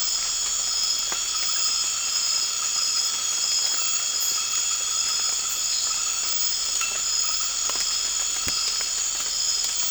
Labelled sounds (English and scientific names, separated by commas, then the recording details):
none
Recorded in dense forest near Puerto Asís, Putumayo, Colombia, on 12 March 2025 at 00:00
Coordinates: 0.484, -76.317
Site G064